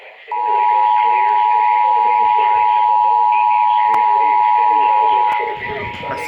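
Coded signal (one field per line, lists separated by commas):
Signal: Emergency Alert System (SAME) tones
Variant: 853 and 960 Hz attention tone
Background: speech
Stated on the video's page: Flash flood warning as aired on an FM station and a TV station.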